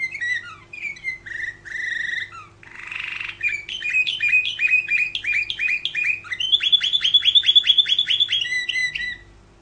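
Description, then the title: Canary song with varied high trills, a brief harsh buzzy burst near three seconds, then fast repeated chirping notes rising in pitch, over a low steady hum. "Kenari"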